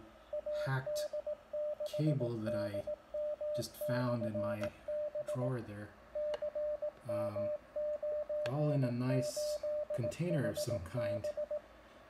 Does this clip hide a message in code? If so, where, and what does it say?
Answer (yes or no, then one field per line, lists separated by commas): yes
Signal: Morse code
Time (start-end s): 0.3-11.6 s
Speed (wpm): 18 wpm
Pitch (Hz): 600 Hz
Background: speech, radio noise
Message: AD6DM/B CM98HB